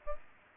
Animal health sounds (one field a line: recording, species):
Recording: mosquito wingbeat signal from an infrared sensor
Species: Aedes aegypti